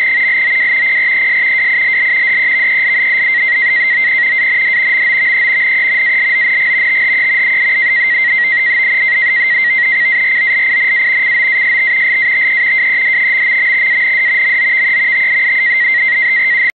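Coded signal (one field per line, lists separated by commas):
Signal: NAVTEX (SITOR-B)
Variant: 100 baud SITOR-B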